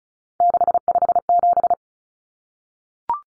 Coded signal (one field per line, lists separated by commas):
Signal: Morse code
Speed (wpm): 34 wpm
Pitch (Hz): 700 Hz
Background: none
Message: 657